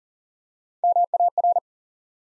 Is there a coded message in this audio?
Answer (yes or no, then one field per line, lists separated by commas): yes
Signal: Morse code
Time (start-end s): 0.8-1.6 s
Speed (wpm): 42 wpm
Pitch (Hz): 700 Hz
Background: none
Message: MAR